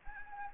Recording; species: mosquito wingbeat signal from an infrared sensor; Anopheles gambiae